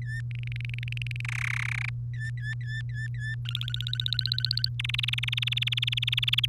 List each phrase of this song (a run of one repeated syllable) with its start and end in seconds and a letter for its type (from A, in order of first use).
0.02-0.21 A, 0.31-1.21 B, 1.25-1.90 C, 2.14-3.35 A, 3.45-4.68 D, 4.79-6.46 E